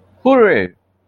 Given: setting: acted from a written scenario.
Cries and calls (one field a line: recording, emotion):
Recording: vocal sound without words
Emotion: elation